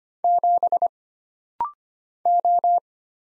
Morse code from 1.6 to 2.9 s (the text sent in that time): O